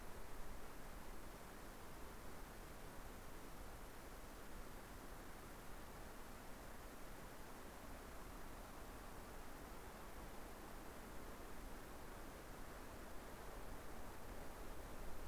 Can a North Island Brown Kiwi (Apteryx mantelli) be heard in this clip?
no